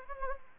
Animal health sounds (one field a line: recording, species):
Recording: mosquito wingbeat signal from an infrared sensor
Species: Anopheles gambiae